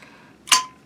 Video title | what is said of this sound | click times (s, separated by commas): Ruger PC Carbine Full Monty Disassembly and Field Stripping. Magpul Backpacker. Mag Well & Catch | press it lock it in it's locked tight now you turn this make sure it | 0.5 s